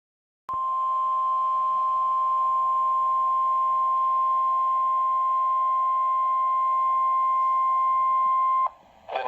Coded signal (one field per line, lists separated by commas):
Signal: Emergency Alert System (SAME) tones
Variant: 1050 Hz attention tone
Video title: EAS #489: Severe Thunderstorm Warning - Indiana (6/17/2026) (KEC74)